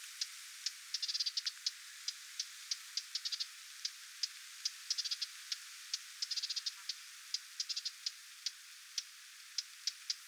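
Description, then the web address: Lesser whitethroat scolding with clipped, hard tek notes, some grouped into short rapid rattles, others spaced singly. Adult parent bird giving alarm or attention calls near its recently fledged young, 20 July 2026. "paivat 20 7 2026 hernekerttulintuemon huomioaantelya lentopoikastensa lahella"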